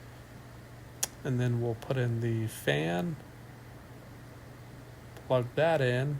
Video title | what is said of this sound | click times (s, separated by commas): Xbox series X tear down | and literally just line that up and go clockwise with it and you'll hear that click into place | 1.0 s